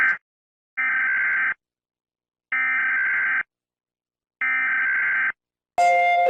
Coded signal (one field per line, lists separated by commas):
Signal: Emergency Alert System (SAME) tones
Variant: header bursts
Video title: Proving these EAS alarms are fake as mock